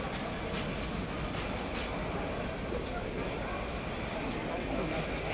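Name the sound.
train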